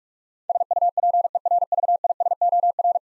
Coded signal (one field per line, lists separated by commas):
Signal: Morse code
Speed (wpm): 44 wpm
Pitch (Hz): 700 Hz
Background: none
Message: SUPERVISOR